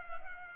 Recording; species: mosquito wingbeat signal from an infrared sensor; Culex pipiens